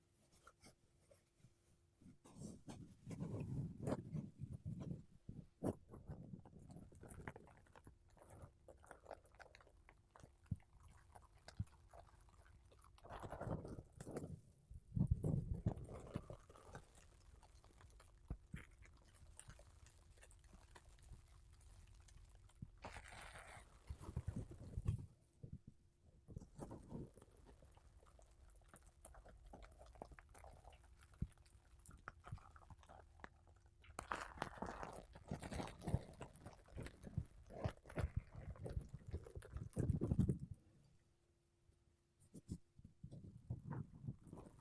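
Makeup brushes and a sponge rub and brush across a microphone, making soft, muffled swishes and low thumping scrapes in irregular bursts. Stronger strokes come near 15, 25 and 35–40 seconds, a faint steady hum runs underneath, and it quiets near the end.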